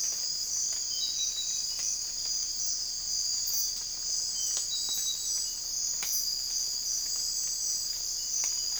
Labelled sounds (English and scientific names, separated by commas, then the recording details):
none
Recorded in secondary vegetation near Puerto Asís, Putumayo, Colombia, on 20 December 2024 at 04:30
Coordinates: 0.481, -76.318
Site G042